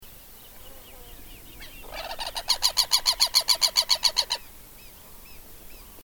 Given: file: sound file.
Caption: Example 2 for short series of cackling alarm calls of perched V. chilensis close to its nest. Background (faint): Southern Lapwing and other bird species. Recording station PPA001, 11 Jun. 2013, 14:21 h; unfiltered.